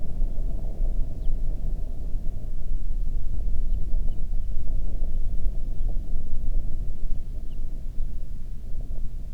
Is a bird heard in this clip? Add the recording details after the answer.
yes. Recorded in the Prudhoe Bay oil fields, Alaska, on 20 May 2019 at 04:13. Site 11